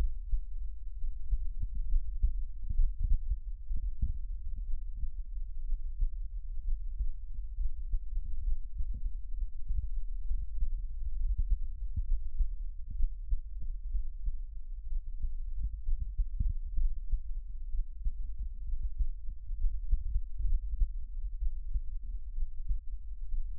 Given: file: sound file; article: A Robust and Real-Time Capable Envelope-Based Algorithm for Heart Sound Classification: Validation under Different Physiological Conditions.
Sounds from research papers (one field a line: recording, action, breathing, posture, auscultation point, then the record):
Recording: heart sounds by electronic stethoscope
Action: rest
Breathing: normal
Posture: sitting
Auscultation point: sternum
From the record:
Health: healthy, no known heart disease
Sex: male